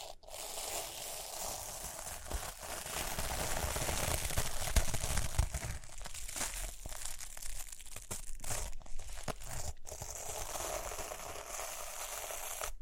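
Rhinestone tapping, scratching and brushing make a dense, crackling rustle throughout, busiest around the middle, with brief pauses near 9 and 10 seconds.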